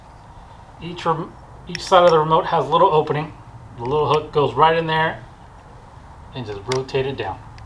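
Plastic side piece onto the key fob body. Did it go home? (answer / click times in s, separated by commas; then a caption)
no / none. Someone talks while hooking a plastic side piece of a Maserati key fob into the little opening on the side of the remote and rotating it down during a battery replacement. Nothing has seated or clicked yet; the clip ends just before the side piece snaps into place.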